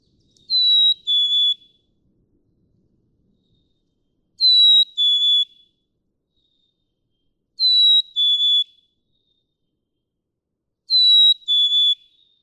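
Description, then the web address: Black-capped chickadee song given four times, each a clear whistle dropping to a slightly lower note, repeated about every three and a half seconds. "birdsongforthecurious Black-capped Chickadee"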